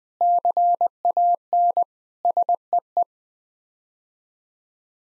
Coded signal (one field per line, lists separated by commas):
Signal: Morse code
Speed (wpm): 20 wpm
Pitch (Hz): 700 Hz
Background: none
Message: CAN SEE